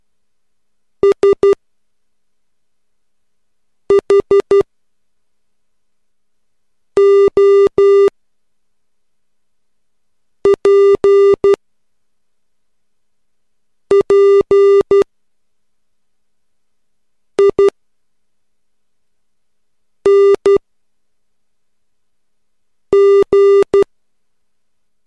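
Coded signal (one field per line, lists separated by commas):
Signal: Morse code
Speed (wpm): 12 wpm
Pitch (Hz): 400 Hz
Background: music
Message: SHOPPING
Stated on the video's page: Morse code practice at 3 WPM using the letters e l s o t v a m n p d r h i c b f g k y u.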